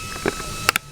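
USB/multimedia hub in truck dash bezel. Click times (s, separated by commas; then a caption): 0.7 s, 0.8 s. On a 2009-2015 Ram truck, the retaining clips on the plastic USB/multimedia hub are squeezed while the hub is pushed forward out of the dash bezel. A faint knock comes at 0.3 s, then two sharp snaps at 0.7 s and 0.8 s as the clips release and the hub comes out.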